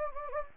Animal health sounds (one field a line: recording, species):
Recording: mosquito wingbeat signal from an infrared sensor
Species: Anopheles gambiae